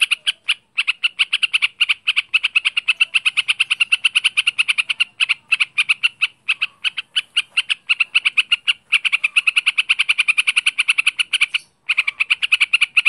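Bird delivering a long, unbroken stream of rapid, scratchy buzzing notes with only a few tiny breaks.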